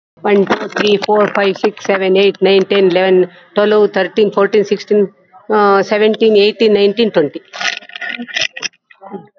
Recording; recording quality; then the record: counting at a fast pace; excellent, no background noise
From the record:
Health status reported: healthy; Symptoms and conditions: none ticked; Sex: female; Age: 50 years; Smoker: not ticked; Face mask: worn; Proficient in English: no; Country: India